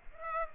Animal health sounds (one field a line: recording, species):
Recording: mosquito wingbeat signal from an infrared sensor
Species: Aedes aegypti